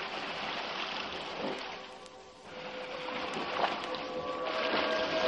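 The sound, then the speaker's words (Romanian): A birch-bark canoe glides over clear, wavy open water with a steady, hissing wash of ripples and splashes. The sound dips briefly midway, then swells back and holds. No one speaks. “Oprește-te aici, Shumaun, luntre de mesteacăn. Apă de jur împrejur cât vezi cu ochii”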